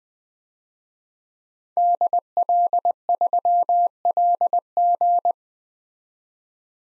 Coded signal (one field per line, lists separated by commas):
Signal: Morse code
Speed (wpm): 20 wpm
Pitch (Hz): 700 Hz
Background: none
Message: DL3LG